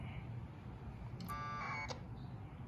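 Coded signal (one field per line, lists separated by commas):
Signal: packet radio (AX.25, as in APRS)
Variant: 1200 baud AFSK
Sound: hiss, then a brief harsh two-tone data burst ending in a click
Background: radio static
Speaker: and then there's some acknowledgements near the end there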